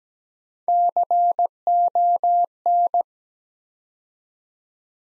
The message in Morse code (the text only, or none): CON